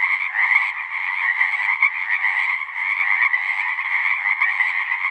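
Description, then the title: Pacific chorus frogs in full chorus: a continuous wash of raspy, overlapping croaks with slight swells in loudness. Full chorus recorded after dusk; males giving the advertisement call, a distinct kree-eeck or ribbit, to attract females. "Chorus Frogs, Full Chorus, post-dusk"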